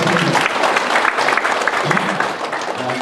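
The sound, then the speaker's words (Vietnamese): A crowd claps steadily and loudly for about three seconds in honour of a poem's author, a dense, continuous patter of many hands with a faint murmur of voices mixed in. “Cho một tràng pháo tay nữa đi.”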